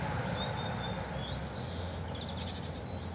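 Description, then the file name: Great tit giving brief high thin calls, a short cluster just past the first second and a fainter one later, over steady low rumbling background noise. "Parus major"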